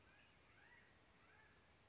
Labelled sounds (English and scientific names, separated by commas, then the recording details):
California Quail (Callipepla californica)
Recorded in Sonoma County, California